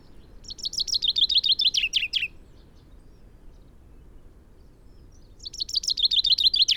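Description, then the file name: Common chaffinch song: two bright phrases of rapid notes about five seconds apart, the first ending in a short flourish and the second cut off at the end, over a quiet low background hiss. "Fringilla coelebs"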